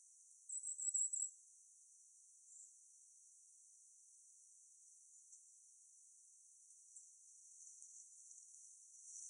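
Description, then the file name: Firecrest calling: a brief string of high, needle-thin notes early on, then one soft note and quiet background hiss. Calls recorded in Hockley Woods on 11 January 2021. "firecrest calls good hockley woods 210111"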